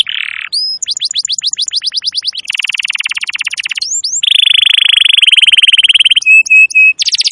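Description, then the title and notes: Canary song made of rapid trills: a low buzzy rattle, then slurred notes, long fast trills, and clear steady whistles near the end. Recording made as a lure to attract birds. "Pikat Burung Baru. kenari"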